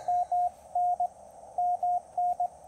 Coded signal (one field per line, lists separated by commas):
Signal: Morse code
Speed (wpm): 20 wpm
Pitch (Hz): 690 Hz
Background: radio noise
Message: MN MN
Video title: Unmatched QRP Performance: POTA Activation with the Ten-Tec Argonaut VI!